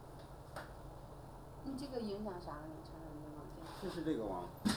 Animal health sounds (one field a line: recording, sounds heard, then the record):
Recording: poultry house recording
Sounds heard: no chicken sound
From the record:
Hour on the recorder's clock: 9